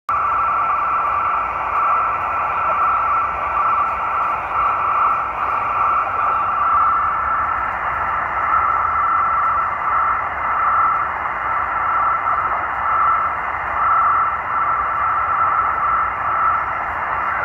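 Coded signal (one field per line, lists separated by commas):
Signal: NAVTEX (SITOR-B)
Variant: 100 baud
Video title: VFF Iqaluit Canadian Coast Guard Navtex decode using XHDATA D808 receiver and DroidNavtext app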